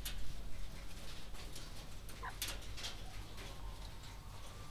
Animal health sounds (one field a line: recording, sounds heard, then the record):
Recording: poultry house recording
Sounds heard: healthy chickens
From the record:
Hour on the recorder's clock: 21